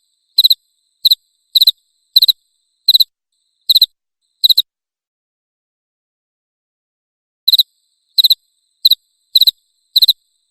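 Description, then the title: Cricket chirps in quick pulsed bursts, a run of seven, then about three seconds of silence before the chirping resumes at a steady pace. Loud cricket chirping meant to make a lovebird keep singing (ngekek). "Suara JANGKRIK NGERIK Keras Bikin LOVEBIRD Jadi NGEKEK Terus Vubey"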